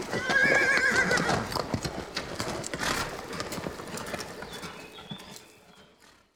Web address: лошадь